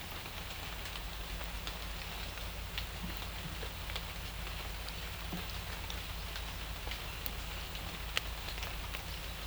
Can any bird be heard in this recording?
no